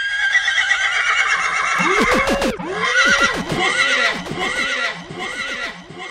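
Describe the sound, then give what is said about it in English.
A horse lets out a loud, high, wavering whinny, broken by a quick burst of sharp hoof clops. Shrill neighing carries on over several seconds, with no talking. “That's my sound horse, you know.”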